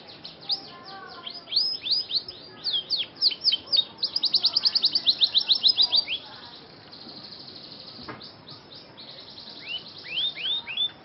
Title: Cengkok Kenari Mewah. KENARI SCOTCH FANCY GACOR CENGKOK MEWAH